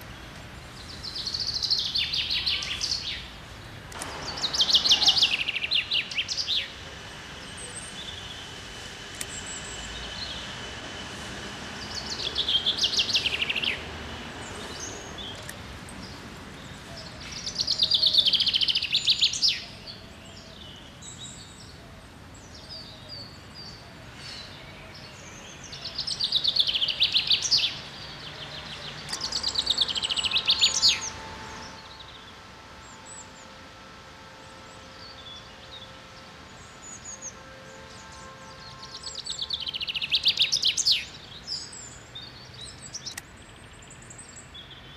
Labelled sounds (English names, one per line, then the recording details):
Common Chaffinch song
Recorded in the wild
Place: Locarno, Tessin, CH
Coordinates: 46.1872, 8.7925
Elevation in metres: 1035
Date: 1978-03-10
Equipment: Uher 4000 Report
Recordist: Tretzel, Erwin